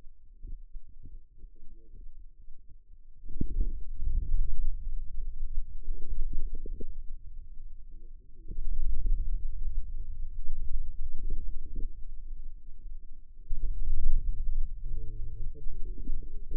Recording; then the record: forearm muscle sounds (acoustic myography)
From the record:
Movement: wrist flexion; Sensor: system 2, bracelet of six BSWA MPA416 microphones around the upper forearm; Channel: 5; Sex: male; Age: 22 years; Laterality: right